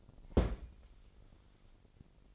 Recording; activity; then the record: daily activity, microphone in the room; place on stove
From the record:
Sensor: 5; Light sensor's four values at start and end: 42/95/41/44 and 42/94/41/44